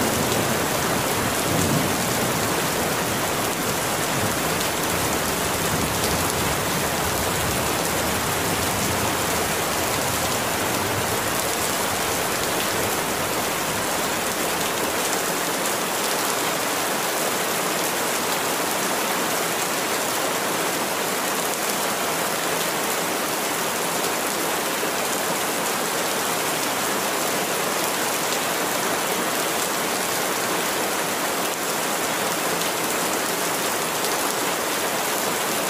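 Steady, dense rain hisses evenly throughout, bright, with no pauses or distinct rumbles, just a constant wash of falling drops.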